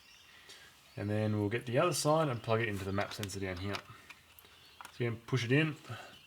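Someone talks while a plastic harness plug on a Burger Motorsports JB4 tuning-module loom is handled and brought toward the MAP sensor in the engine bay of an MK7 Golf R. A few faint, brief handling ticks are heard between 4.1 and 4.9 s. The plug is not pushed home yet, and nothing has seated or clicked.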